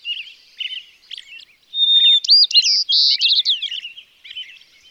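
White-crowned Sparrow singing a loud phrase that opens with a pure whistle and breaks into buzzy trills, with quieter bird chirping around it.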